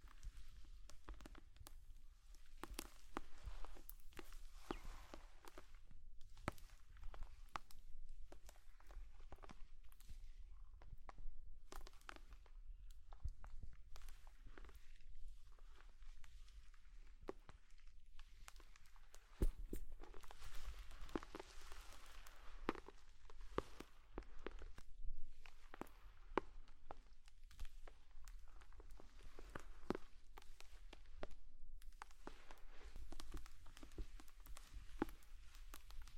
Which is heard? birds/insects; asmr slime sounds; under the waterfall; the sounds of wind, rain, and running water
asmr slime sounds